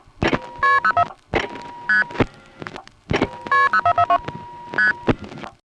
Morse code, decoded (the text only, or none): none